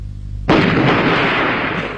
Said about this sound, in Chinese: 哎，这日本鬼子的飞机啊，在天上是又是扫射又是扔炸弹，就像那庐山的瀑布，飞流直下三千尺，是一世银河落九天。